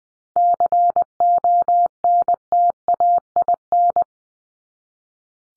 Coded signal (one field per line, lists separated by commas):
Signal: Morse code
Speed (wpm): 20 wpm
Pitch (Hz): 700 Hz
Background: none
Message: CONTAIN